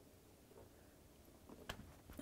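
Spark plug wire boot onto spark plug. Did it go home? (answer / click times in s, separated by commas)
yes / 1.7 s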